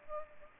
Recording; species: mosquito wingbeat signal from an infrared sensor; Culex pipiens